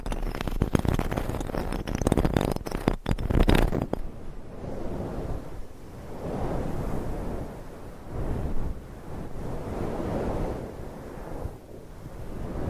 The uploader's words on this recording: ASMR Mic Scratching - Brain Scratching with Different Nail Shapes No Talking.